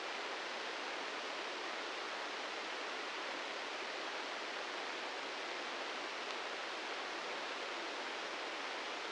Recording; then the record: brain microelectrode recording played as sound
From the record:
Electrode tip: inside the subthalamic nucleus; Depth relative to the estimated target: -5 mm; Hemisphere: left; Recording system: NeuroSet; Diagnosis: Parkinson's disease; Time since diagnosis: 13 years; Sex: male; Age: 66 years